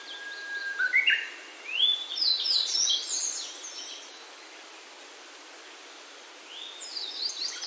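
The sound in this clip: Grey bunting song: a low steady whistle leading into rapid rising and falling high slurs, a pause of several seconds, then a brief rising whistled phrase, with faint hiss.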